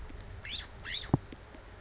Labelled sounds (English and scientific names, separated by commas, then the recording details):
California Scrub-Jay (Aphelocoma californica)
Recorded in Sonoma County, California